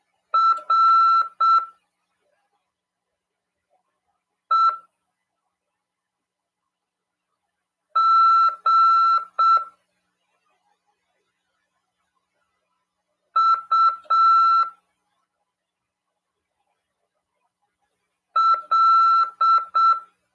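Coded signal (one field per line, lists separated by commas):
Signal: Morse code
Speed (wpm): 7 wpm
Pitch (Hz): 1340 Hz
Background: none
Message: R E G U L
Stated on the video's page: Amateur radio class on CW over 146.410 MHz.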